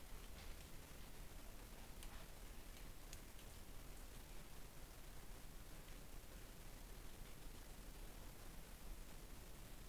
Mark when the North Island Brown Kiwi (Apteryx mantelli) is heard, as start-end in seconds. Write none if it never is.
none